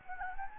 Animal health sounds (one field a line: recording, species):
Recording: mosquito wingbeat signal from an infrared sensor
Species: Anopheles gambiae